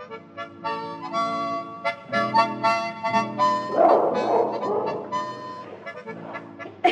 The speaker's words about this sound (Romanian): nu mai chinui câinele ăla! Găsește-ți altceva de făcut.